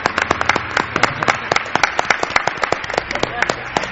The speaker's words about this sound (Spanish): Un aplauso para una de las almas de Milenio 3.